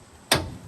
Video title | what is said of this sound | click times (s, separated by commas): Tricked-out off-grid, stealth camper van #vanlife AMAZING! | Snaps into place here. | 0.3 s